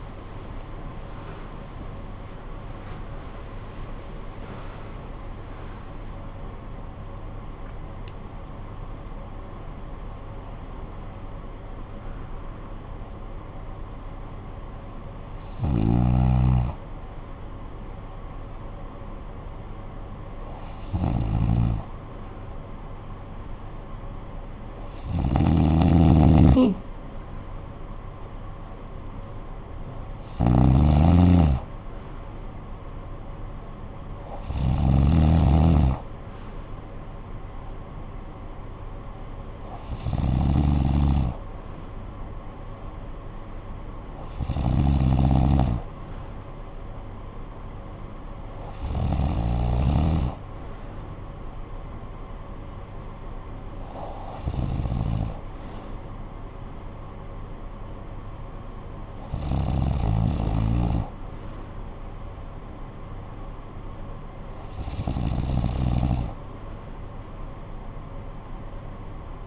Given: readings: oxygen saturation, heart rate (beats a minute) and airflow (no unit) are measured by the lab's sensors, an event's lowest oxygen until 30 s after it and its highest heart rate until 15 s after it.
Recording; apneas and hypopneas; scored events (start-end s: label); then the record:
breathing in sleep by a smartphone at the bedside; 1
0.00-17.00 s: awake
13.00-69.47 s: new sleep stage, N2 (light sleep)
17.00-34.10 s: hypopnea (N2, oxygen 96% highest, then 93% lowest, heart rate 69 at the start, 69 highest)
From the record:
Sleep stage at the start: awake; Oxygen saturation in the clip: 89 to 96%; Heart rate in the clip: 52 to 96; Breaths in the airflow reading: 14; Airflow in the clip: -14.4 to 22.8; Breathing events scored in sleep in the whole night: 445 in 7.6 hours asleep